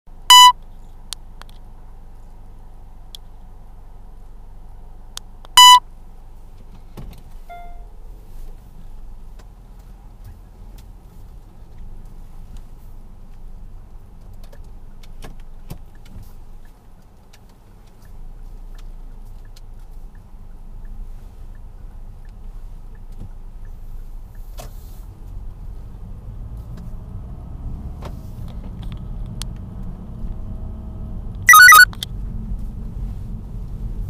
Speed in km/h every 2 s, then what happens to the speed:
0, 0, 0, 0, 0, 0, 0, 0, 0, 0, 0, 0, 0, 0, 4, 0, 16.
0-31 standing. 31-34 pulls away to 16.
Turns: none.